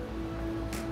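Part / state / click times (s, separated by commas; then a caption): lower coolant hose quick connector onto front mount heat exchanger port / not seated / none. A lower coolant hose quick connector, its metal clip pressed down, is handled at the port of a Dinan front mount heat exchanger on a BMW F80 M3 with the S55 engine. Steady background music plays throughout, with a brief bright burst of noise near 0.7 s. Nothing has seated or clicked yet.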